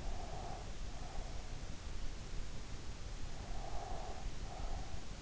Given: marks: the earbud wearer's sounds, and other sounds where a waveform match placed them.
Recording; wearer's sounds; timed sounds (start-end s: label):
sounds in sleep by an in-ear microphone; breath
0.00-1.53 s: breath
3.34-5.20 s: breath